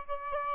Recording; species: mosquito wingbeat signal from an infrared sensor; Aedes albopictus